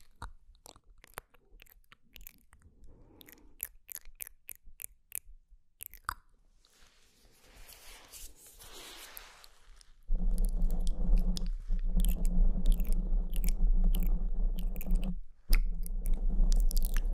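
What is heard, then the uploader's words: Mouth sounds with sharp, crisp clicks and chewing-like crunches; after ten seconds a loud low hum and steady hiss fill in, briefly dropping near fifteen. TINGLY MOUTH SOUNDS ASMR.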